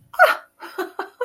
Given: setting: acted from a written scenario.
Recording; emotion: vocal sound without words; positive surprise